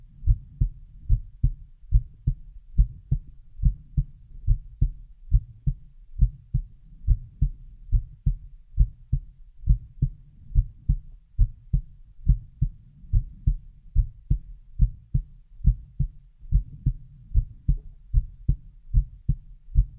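Steady, soft low thumps repeat at about 71 beats a minute, each beat a muffled double knock of an adult heartbeat, heard close up. Nothing else is heard apart from faint room hiss. Heartbeat sounds only, for ASMR listening.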